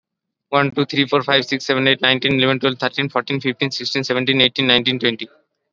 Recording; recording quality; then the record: counting at a fast pace; excellent, no background noise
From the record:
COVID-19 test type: RT-PCR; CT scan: not taken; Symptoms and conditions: none ticked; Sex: male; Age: 18 years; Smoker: yes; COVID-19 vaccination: both doses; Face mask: worn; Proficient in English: yes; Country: India